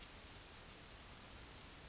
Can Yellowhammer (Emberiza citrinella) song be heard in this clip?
no